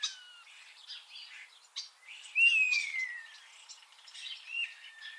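Eurasian starling song, rambling chatter and clicks with a clear, long whistle sliding downward in the middle.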